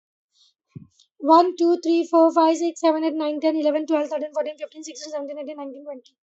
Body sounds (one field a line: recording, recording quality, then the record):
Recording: counting at a fast pace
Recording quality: excellent, no background noise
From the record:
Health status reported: healthy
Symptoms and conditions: none ticked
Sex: female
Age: 33 years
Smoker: not ticked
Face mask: worn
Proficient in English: yes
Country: India